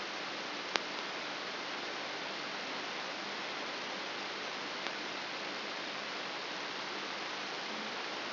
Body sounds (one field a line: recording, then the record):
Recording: brain microelectrode recording played as sound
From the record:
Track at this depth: inside the subthalamic nucleus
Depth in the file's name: 2.504 mm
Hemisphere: left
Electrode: 3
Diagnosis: Parkinson's disease